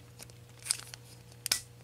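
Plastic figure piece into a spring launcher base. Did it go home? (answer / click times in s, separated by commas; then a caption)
yes / 1.5 s. A small plastic figure piece from the top of a 2002 Burger King Dragon Ball Z "Cooler Blast" Big Kids' Meal toy is pushed down into its spring launcher base. Light plastic handling sounds lead to a sharp double click at 1.5 s and 1.5 s as the piece seats into the base.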